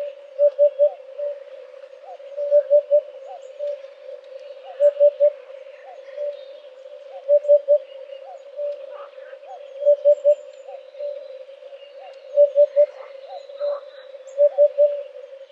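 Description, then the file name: Eurasian hoopoe giving soft, low hollow runs of three or four hoots, repeated roughly every two to three seconds over a steady low hum. "huppe fasciee"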